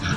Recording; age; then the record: pig call; growing-finishing pig (85 days or more)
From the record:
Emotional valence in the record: positive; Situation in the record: run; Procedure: transit